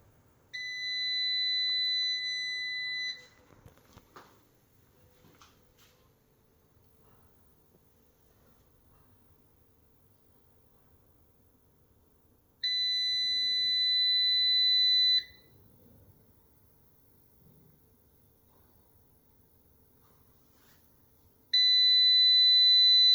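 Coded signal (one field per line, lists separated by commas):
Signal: beep code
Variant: solar inverter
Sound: long steady high beeps, about 3 seconds each, repeating roughly every 9 seconds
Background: quiet room noise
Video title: Solar Inverter Beep Sound: why my inverter is making sound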